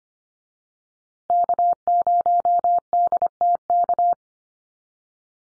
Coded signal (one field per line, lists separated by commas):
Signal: Morse code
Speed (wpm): 25 wpm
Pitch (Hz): 700 Hz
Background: none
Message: K0DTK